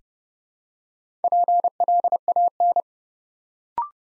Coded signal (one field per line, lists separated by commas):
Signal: Morse code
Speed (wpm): 30 wpm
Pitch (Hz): 700 Hz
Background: none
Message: PLAN